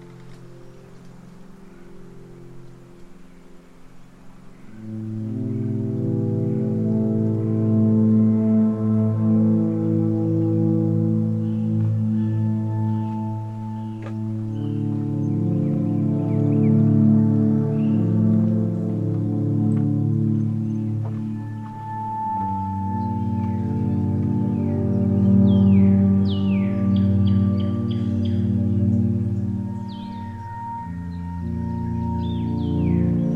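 Corkscrew Swamp Sanctuary: after five quiet seconds, a deep, ringing hum rises and holds, its layered tones shifting and swelling in slow waves for the rest of the clip. Short bird chirps flick in above it, most often in the final fifteen seconds.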